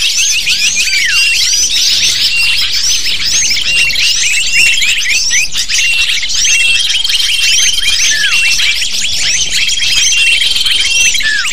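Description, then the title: Lovebirds calling in a noisy group, shrill looping chirps repeated over and over in an unbroken dense chatter. Calls used as a lure (pikat) to attract lovebirds. "PIKAT BURUNG LOVEBIRD"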